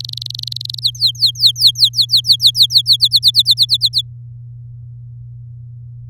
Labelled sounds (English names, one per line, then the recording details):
Domestic Canary song
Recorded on 7 May 2018 at 16:50
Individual llb16